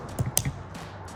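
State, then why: Seated. A wiring harness connector with a plastic clip is pushed into its mating socket on a Morimoto X3B LED third brake light housing for a 2015-2026 Colorado. Soft taps come at 0.2 s and 0.5 s, with a sharp click at 0.4 s as the connector seats and locks in.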